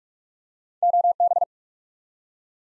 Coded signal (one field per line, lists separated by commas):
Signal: Morse code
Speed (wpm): 44 wpm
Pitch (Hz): 700 Hz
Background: none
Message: OB